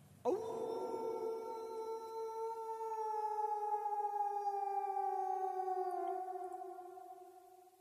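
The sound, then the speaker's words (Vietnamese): A long, eerie dog howl at night in a village swoops up sharply, then holds a steady wavering pitch for several seconds before slowly sinking and fading out, with no talking. “Một đêm trôi qua bên làng với những tiếng chó chu nghe đến rợn cả người.”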